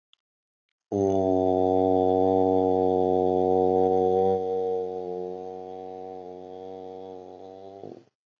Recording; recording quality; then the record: sustained vowel as in boot; excellent, no background noise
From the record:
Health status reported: healthy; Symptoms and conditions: hypertension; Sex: male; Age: 62 years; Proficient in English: yes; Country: India